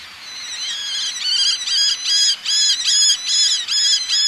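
Eleonora's falcon giving harsh, grating repeated calls, rising in loudness at first, then a steady chattering series of several notes.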